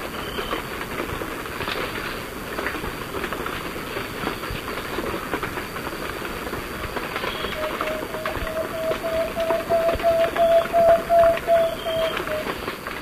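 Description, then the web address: Plain-backed antpitta's series of low hollow whistles on a steady pitch, emerging late over a heavy crackling background with scattered higher chips. Ecuador. "Birds of Ecuador. Plain-backed Antpitta"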